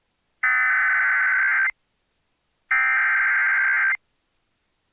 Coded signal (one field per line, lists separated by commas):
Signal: Emergency Alert System (SAME) tones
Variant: header bursts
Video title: EAS Timeline | Destructive February PDS Tornadoes in Wisconsin and AMBER Alerts | NOAA Weather Radio